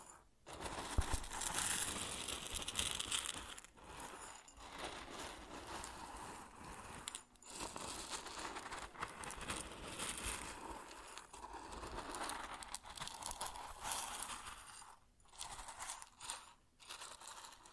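Grain sounds: a dense, continuous rattling hiss of many small particles pouring and shifting, mostly bright with a steady mid-range body. Brief near-silent gaps break the flow around 0.5, 3.5, 7, and 15–16.5 seconds, with small crinkly clicks throughout.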